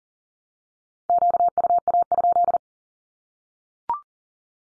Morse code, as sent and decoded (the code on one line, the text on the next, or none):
--.- ..- .- ..--..
QUA?